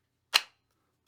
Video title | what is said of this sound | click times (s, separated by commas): BEST HOLSTER for HELLCAT PRO and STREAMLIGHT TLR-7 Sub | that goes ahead and that snaps in place pretty well shake test it | 0.4 s